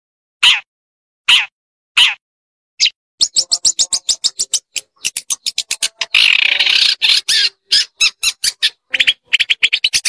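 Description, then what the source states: Long-tailed Shrike song: a few spaced scratchy notes, then a quickening run of dry clicks and chattering phrases with a brief harsh buzzy burst midway. Chirping song.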